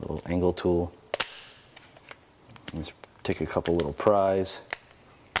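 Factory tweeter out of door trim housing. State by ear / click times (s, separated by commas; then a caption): released / 5.4 s. Someone talks while prying a factory aluminum-dome tweeter out of its plastic housing in the door trim of a 2004 BMW 6 Series Convertible (E64) with an angle pry tool, as part of a BAVSOUND Stage One speaker upgrade that replaces the harsh aluminum tweeter. A few faint ticks and scrapes from the tool are heard between the words, then a sharp pop at 5.4 s as the tweeter releases from the housing.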